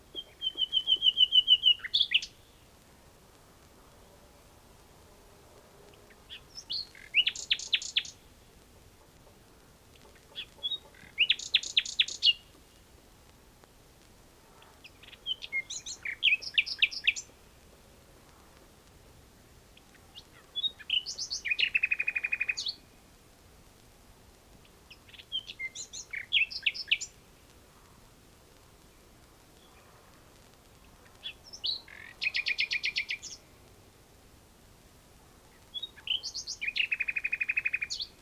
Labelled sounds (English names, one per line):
Common Nightingale song